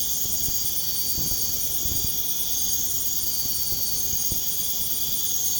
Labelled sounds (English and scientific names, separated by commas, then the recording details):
none
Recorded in pastures near Puerto Asís, Putumayo, Colombia, on 22 June 2025 at 00:30
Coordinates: 0.496, -76.326
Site GP01